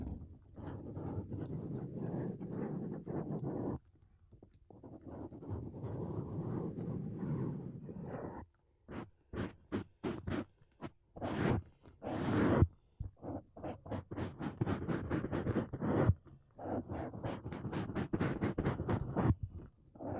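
Makeup brushes and a sponge rub over a microphone in dense, low scratchy sweeps, broken by quick rhythmic strokes and brief pauses after midway.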